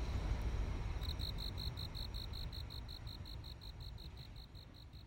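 Cricket chirping begins after about a second as rapid, regular high pulses, with low rumbling noise underneath.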